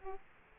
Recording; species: mosquito wingbeat signal from an infrared sensor; Aedes aegypti